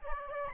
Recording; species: mosquito wingbeat signal from an infrared sensor; Aedes albopictus